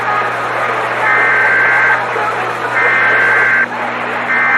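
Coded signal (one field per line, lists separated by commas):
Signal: Emergency Alert System (SAME) tones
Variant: header bursts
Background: speech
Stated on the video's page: Mock EAS with valid EAS tones.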